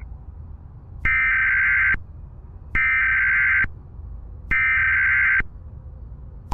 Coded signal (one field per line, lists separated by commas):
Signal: Emergency Alert System (SAME) tones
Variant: header bursts